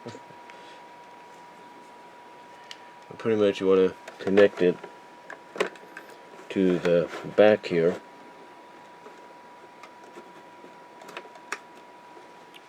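An HDMI cable adapter plug is pushed into the rear AV connector of a game console while someone talks. The plug clicks home at 11.5 seconds, and the plastic connector seats with an audible click. A steady high hum runs through the clip, with other faint taps scattered around it.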